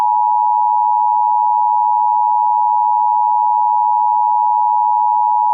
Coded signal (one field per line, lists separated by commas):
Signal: Emergency Alert System (SAME) tones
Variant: 853 and 960 Hz attention tone